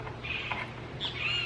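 The bottom wiring connector of an aftermarket tail light is being handled and pushed toward its plastic socket in the tail light housing on a Tacoma pickup truck. Only low, steady handling noise and a brief tap at 0.5 s are heard. Nothing has seated or clicked yet.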